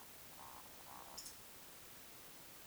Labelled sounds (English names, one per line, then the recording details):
Eurasian Woodcock whistle
Eurasian Woodcock croak
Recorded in Baden-Württemberg, Germany, on 21 June 2020 at 02:22 UTC
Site 49006, 684 m above sea level